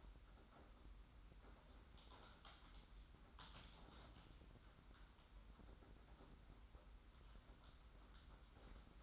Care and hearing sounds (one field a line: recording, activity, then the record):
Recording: daily activity, microphone in the room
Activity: typing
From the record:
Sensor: 3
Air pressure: 991.7 hPa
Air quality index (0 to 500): 187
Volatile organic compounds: 1000 ppm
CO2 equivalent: 6277 ppm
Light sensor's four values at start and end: 33/96/39/33 and 33/95/39/33